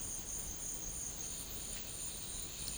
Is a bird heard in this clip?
no